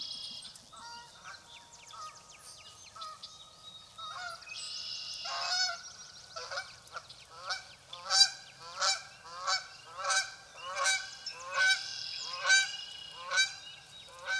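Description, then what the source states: Goose: geese honking in a loose series, harsh nasal honks repeating a little more than once a second. Geese calling as they fly by, 17 April 2016.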